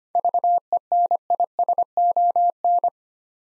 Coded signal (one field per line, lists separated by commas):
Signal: Morse code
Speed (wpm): 25 wpm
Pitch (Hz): 700 Hz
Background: none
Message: VENISON